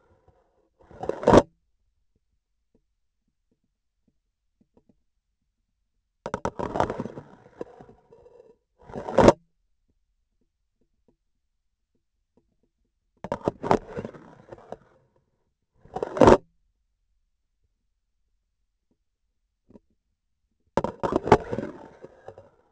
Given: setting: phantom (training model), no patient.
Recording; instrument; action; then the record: laparoscopic instrument, vibration sensor on the handle end; grasping forceps; insertion and removal through the trocar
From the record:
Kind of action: spatial motion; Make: other than Olympus